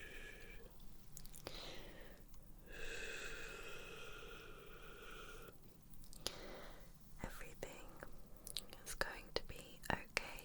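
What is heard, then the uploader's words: Soft brushing and massage sounds: a long, steady swishing stroke runs from about two and a half to five and a half seconds, with shorter rubbing passes around it. Sharp little clicks and taps cluster near the end, over a quiet low hum. Personal Attention To Help You Sleep (Face Brushing & Massage).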